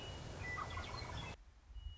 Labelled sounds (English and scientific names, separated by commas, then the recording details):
Western Meadowlark (Sturnella neglecta)
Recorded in Sonoma County, California